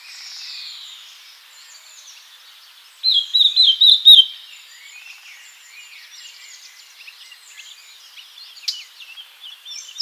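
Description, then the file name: Eurasian blackcap giving one short, loud burst of clear fluty whistles partway through, surrounded by quieter twittering and birdsong. "Sylvia atricapilla"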